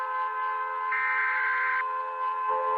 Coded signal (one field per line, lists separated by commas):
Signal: Emergency Alert System (SAME) tones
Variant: header bursts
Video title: All British eas alarms